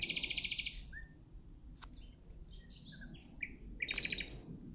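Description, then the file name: Common nightingale song opening with a fast, dry rattling trill, then separate short whistled and slurred notes, ending with another rapid trill; low rumbling background noise throughout. "Luscinia megarhynchos"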